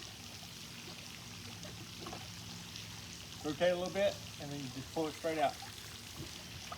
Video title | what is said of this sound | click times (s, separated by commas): We clean our hot tub | Turn it counterclockwise, you'll hear it click. | 1.6 s, 2.8 s